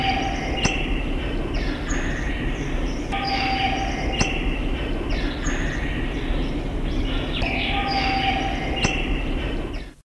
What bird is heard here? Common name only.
Black-crested Finch